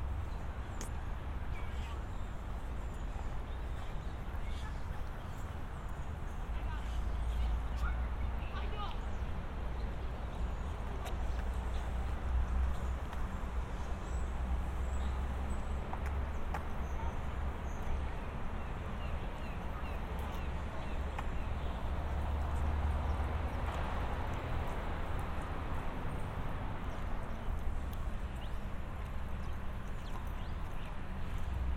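A walk through Central Park: a steady low rumble of traffic underneath, scattered voices and faint bird chirps, with occasional sharp clicks and knocks.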